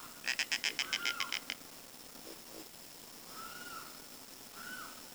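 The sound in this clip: Bird giving a fast, even series of about ten sharp, metallic notes, followed by two softer whistles spaced a second or so apart.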